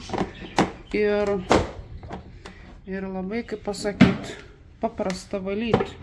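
Someone talks while fitting a plastic tray or lid part of a Breeze Litter System cat litter box back into place as they show how easy it is to clean. Short plastic knocks and handling taps come at about 0.1, 0.2, 0.6, 2.0 and 2.5 seconds between the speech. The part has not yet seated or snapped into place when the clip ends.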